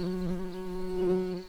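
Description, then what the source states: Tree bumblebee buzz: a steady, low droning hum holding one even pitch with rich overtones throughout, fading slightly at the very end. Workers.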